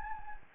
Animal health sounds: mosquito wingbeat signal from an infrared sensor; Anopheles gambiae

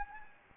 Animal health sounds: mosquito wingbeat signal from an infrared sensor; Anopheles gambiae

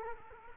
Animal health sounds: mosquito wingbeat signal from an infrared sensor; Culex quinquefasciatus

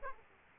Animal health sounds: mosquito wingbeat signal from an infrared sensor; Aedes aegypti

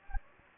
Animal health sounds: mosquito wingbeat signal from an infrared sensor; Anopheles gambiae

